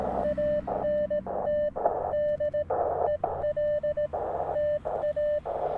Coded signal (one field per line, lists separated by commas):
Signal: Morse code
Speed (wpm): 18 wpm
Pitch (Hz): 600 Hz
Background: radio noise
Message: ANT DELTA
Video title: Building a Delta Loop Antenna For The 30m Band, Part 1.